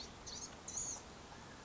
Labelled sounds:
Blue-gray Gnatcatcher (Polioptila caerulea)
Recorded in Sonoma County, California

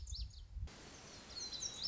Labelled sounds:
Lazuli Bunting (Passerina amoena)
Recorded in Sonoma County, California

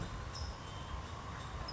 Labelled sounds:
California Towhee (Melozone crissalis)
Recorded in Sonoma County, California

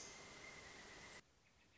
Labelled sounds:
Pileated Woodpecker (Dryocopus pileatus)
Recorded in Sonoma County, California

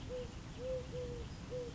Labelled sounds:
Eurasian Collared Dove (Streptopelia decaocto)
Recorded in Sonoma County, California

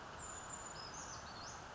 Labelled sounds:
Brown Creeper (Certhia americana)
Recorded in Sonoma County, California

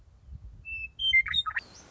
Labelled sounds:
Western Meadowlark (Sturnella neglecta)
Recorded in Sonoma County, California

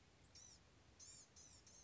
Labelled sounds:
Blue-gray Gnatcatcher (Polioptila caerulea)
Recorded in Sonoma County, California

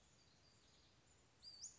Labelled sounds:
Western Flycatcher (Empidonax difficilis)
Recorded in Sonoma County, California

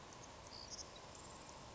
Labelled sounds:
Savannah Sparrow (Passerculus sandwichensis)
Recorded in Sonoma County, California

